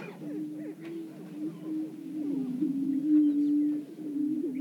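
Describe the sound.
Greater prairie-chicken: low droning booms from greater prairie-chickens swell and fade, accompanied by rapid rising and falling cackles.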